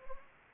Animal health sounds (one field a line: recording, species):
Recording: mosquito wingbeat signal from an infrared sensor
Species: Anopheles gambiae